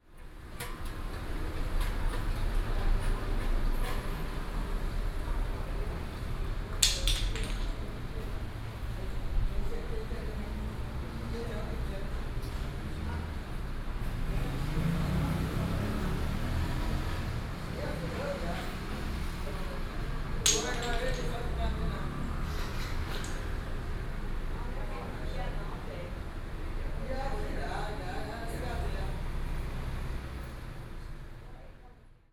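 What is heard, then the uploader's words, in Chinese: Divination blocks are cast at a City God temple, their sharp wooden clatters landing around seven seconds, twice near twenty-one, and again near twenty-eight. A dense, steady murmur of voices and a low rumble like traffic fill the background throughout. 城隍廟博杯。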